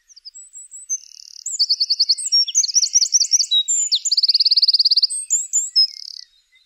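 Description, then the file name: Eurasian wren pouring out a shrill, fast song of chattering notes and ringing trills, including a long even rattle, ending abruptly after about six seconds. "Troglodytes troglodytes"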